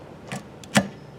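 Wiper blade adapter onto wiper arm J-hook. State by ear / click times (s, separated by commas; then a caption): seated / 0.8 s. A plastic adapter on a Michelin wiper blade is slid at an angle into the J-hook of a wiper arm and pushed in. A softer click at 0.3 s and a faint tick at 0.6 s are followed by a loud, sharp snap at 0.8 s as the adapter seats onto the J-hook.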